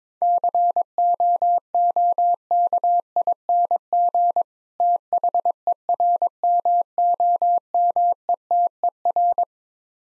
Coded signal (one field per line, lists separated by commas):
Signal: Morse code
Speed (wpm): 21 wpm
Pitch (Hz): 700 Hz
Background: none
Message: COOKING THERMOMETER